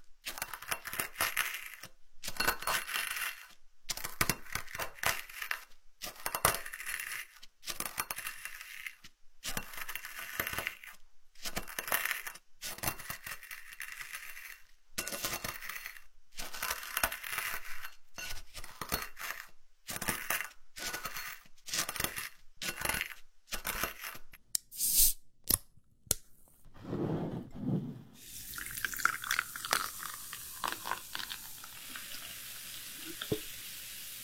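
Herbal medicine being processed: for about 26 seconds, sharp bright clinking strikes come fast, roughly one or two per second, like metal pounding in a mortar. Then the striking stops and a steady, dense hiss takes over, like frying or steaming, to the end.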